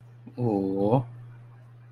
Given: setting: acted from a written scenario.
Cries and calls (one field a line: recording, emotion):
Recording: vocal sound without words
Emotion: adoration